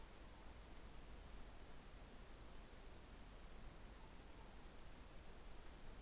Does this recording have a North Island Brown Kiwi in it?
no